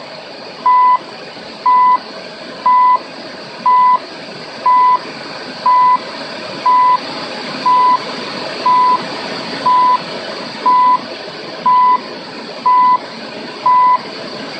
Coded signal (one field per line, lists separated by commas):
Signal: radio time signal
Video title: Time signal from CHU Canada @ 14670 kHz